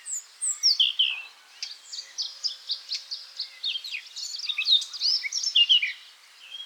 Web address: SETE Sylvia atricapilla